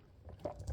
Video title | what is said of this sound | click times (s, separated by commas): Chronique n°215 : Masters of the universe Masterverse "New Eternia" : Skeletor et son trône | c'est ça ah ça se pose voilà ça se clipse ça s'enfonce tout simplement | 0.5 s